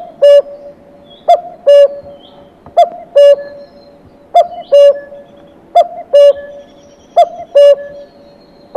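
Common cuckoo giving its falling cuck-oo call five full times between partial calls at the start and end, in a steady rhythm, roughly every one and a half seconds, the second note lower and longer.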